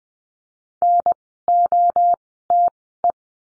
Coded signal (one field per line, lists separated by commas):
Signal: Morse code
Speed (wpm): 20 wpm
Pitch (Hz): 700 Hz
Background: none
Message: NOTE